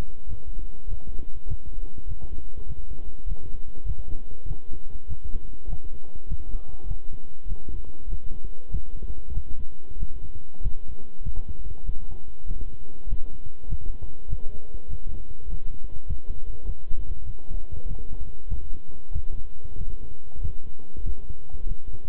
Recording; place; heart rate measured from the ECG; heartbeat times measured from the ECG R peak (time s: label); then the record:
heart sounds by stethoscope; between the tricuspid and mitral areas; 98 bpm
0.27 s: heartbeat
0.87 s: heartbeat
1.46 s: heartbeat
2.06 s: heartbeat
2.66 s: heartbeat
3.25 s: heartbeat
3.84 s: heartbeat
4.45 s: heartbeat
5.07 s: heartbeat
5.67 s: heartbeat
6.26 s: heartbeat
6.86 s: heartbeat
7.46 s: heartbeat
8.07 s: heartbeat
8.69 s: heartbeat
9.32 s: heartbeat
9.97 s: heartbeat
10.60 s: heartbeat
11.22 s: heartbeat
11.84 s: heartbeat
12.45 s: heartbeat
13.07 s: heartbeat
13.67 s: heartbeat
14.28 s: heartbeat
14.88 s: heartbeat
15.47 s: heartbeat
16.05 s: heartbeat
16.64 s: heartbeat
17.24 s: heartbeat
17.86 s: heartbeat
18.47 s: heartbeat
19.11 s: heartbeat
19.76 s: heartbeat
20.40 s: heartbeat
21.02 s: heartbeat
21.66 s: heartbeat
From the record:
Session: walking at 3.7 km/h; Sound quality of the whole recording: good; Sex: male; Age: 26 years